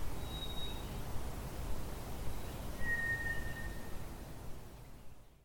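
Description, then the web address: White's thrush song: a thin, higher whistle first, then a drawn-out, level whistle of about a second, with low rumble throughout. "drozd"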